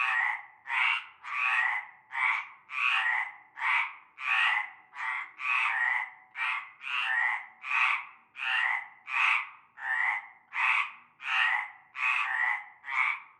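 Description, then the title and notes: Frog chorus, a long series of rough croaks repeated steadily, calls from neighbouring frogs interleaving closely. Frog chorus at nightfall in a large concrete basin holding stagnant greenish water, Avenue Cante Coucou, Groupède, La Ciotat, Bouches-du-Rhône, France. "Avenue Cante Coucou, Groupède, La Ciotat, Marseille, Bouches-du-Rhône, Provence-Alpes-Côte d'Azur, France métropolitaine, 13600, France - cœur de grenouilles. Une grande vasque en béton, un fond d'eau verdâtre croupissant. et un cœur de grenouilles dès la nuit tombée"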